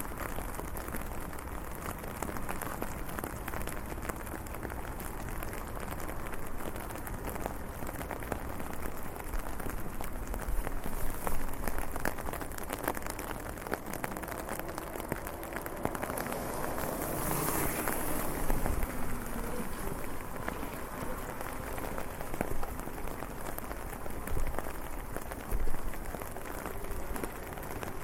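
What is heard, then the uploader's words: Walking through rainy streets: a dense, steady patter of rain fills the whole stretch with many small ticks and drips. Around seventeen to nineteen seconds a brief hissing swell rises, perhaps a passing vehicle, and faint voices may surface once or twice. Walking in the rain streets of Switzerland with a very high-definition binaural microphone.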